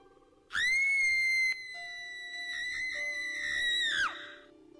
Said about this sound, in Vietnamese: có tiếng của … thẳng thốt, hét lên chói tai